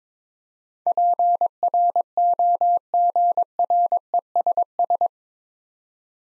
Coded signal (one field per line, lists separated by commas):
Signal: Morse code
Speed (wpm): 23 wpm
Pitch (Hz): 700 Hz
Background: none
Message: PROGRESS